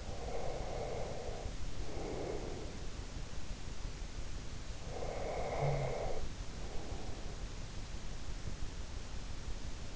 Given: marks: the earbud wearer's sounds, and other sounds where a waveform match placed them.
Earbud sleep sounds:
sounds in sleep by an in-ear microphone; breath, snoring breath
0.00-3.08 s: breath
4.82-7.54 s: snoring breath

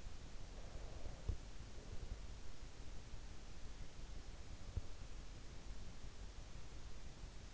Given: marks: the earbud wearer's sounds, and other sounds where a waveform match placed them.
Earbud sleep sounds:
sounds in sleep by an in-ear microphone; breath
0.33-2.43 s: breath

